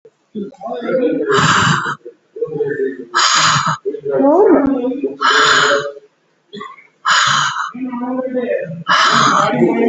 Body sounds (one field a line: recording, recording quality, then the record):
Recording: shallow breathing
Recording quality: excellent, no background noise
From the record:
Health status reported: COVID-19 positive, mild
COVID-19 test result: positive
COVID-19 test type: RT-PCR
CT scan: not taken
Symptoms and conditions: sore throat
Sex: male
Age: 53 years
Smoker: no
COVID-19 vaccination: none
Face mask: not worn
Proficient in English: yes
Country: India